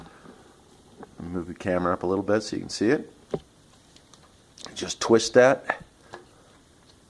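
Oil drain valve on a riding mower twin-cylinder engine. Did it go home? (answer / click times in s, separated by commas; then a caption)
yes / 6.1 s. After the engine oil is drained, the oil drain valve on a riding mower's twin-cylinder engine is twisted closed while someone talks. A short, sharp tick at 6.1 s marks the valve locking into place.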